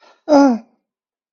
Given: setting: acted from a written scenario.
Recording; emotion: vocal sound without words; distress